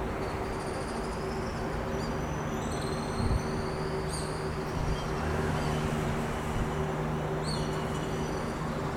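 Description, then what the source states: Swift calls come as long, thin, shrill screams, one early, a cluster near the middle and another near the end, above a steady low background drone. August 2019; calls in a soundscape.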